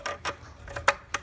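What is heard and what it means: On a 2007 BMW 330Ci, the bottom end of the plastic crankcase ventilation hose's quick-connect is pushed onto the oil separator fitting, with light plastic ticks and taps at about 0.1, 0.3, 0.8 and 1.2 s. The sharpest, loudest click at 0.9 s is the connector clipping on and seating.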